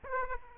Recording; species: mosquito wingbeat signal from an infrared sensor; Aedes aegypti